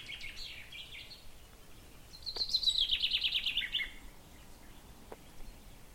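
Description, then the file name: Common chaffinch song: a rapid trill of high, repeated notes that slides downward and ends in a lower flourish, with softer bird notes before and after. "Fringilla coelebs"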